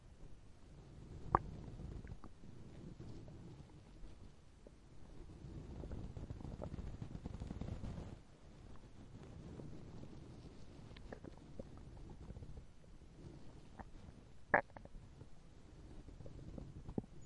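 Low, continuous rumbling and gurgling of an adult's empty stomach, with a few brief, sharper squeaks breaking through.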